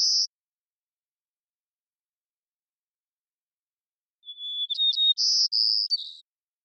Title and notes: White-crowned Sparrow, Zonotrichia leucophrys, long performance with repeated song, parabolic recording. Recorded in the beautiful Pacific Northwest, Washington, United States